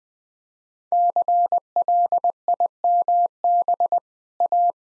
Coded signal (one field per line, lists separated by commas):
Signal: Morse code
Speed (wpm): 21 wpm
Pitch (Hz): 700 Hz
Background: none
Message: CLIMB A